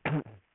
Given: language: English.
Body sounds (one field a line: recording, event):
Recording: throat vibration sensor signal played as sound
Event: throat clearing